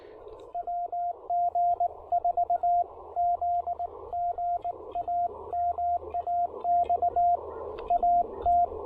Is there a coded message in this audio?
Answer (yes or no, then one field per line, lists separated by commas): yes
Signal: Morse code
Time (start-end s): 0.6-8.7 s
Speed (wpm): 18 wpm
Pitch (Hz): 690 Hz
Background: radio noise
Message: WG4Z GA MAX AT